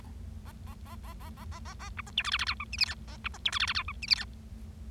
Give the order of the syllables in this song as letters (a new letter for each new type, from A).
A A A A A A A A A B C D E F F G H I J K A B C D E F F G H I J K